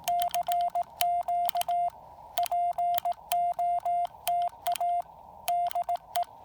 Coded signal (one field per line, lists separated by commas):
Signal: Morse code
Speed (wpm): 17 wpm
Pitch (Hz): 690 Hz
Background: radio noise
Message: CQ POTA DE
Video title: POTA Field Report: Activating Lake James with the Yaesu FT-817ND and no ATU